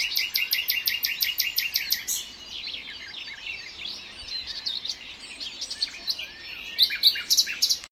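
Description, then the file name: Common nightingale song: rapid series of repeated high notes, then a quieter varied warble, ending with another loud repeated burst; steady background hiss throughout. "Luscinia megarhynchos"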